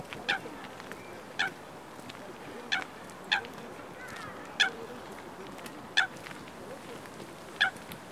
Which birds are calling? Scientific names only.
Fulica atra, Corvus monedula